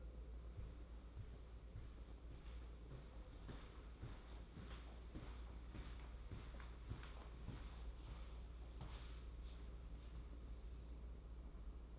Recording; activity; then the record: daily activity, microphone in the room; walk to room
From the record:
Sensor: 1